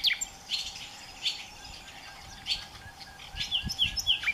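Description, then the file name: Common nightingale song: sharp chirps and quick descending whistled notes in rapid bursts over a constant background hum and some noise. "Nachtigall mit Gesang - Nightingale singing"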